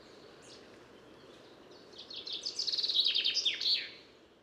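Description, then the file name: Common chaffinch song: a single fast trill that starts softly, swells into loud rapid notes and ends abruptly, over a faint steady background hiss. "Fringilla coelebs"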